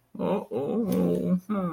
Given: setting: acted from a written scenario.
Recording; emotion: vocal sound without words; embarrassment